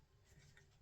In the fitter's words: so it clicks and having the filling probe